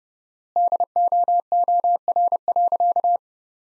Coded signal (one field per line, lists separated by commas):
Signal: Morse code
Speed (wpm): 30 wpm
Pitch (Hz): 700 Hz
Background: none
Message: DOOR.